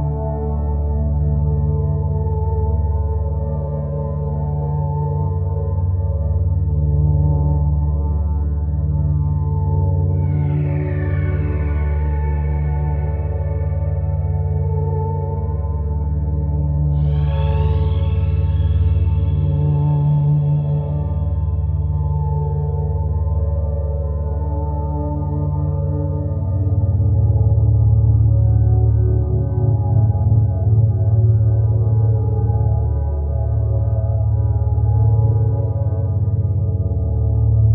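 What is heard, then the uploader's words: A steady, low humming drone built from stacked tones, centered near 432 hz, with a slow pulsing throb. Around 10 and 17 seconds, brief bright shimmering rings rise and fade, like a struck bowl. The hum swells slightly louder toward the end. 4hz + 432hz.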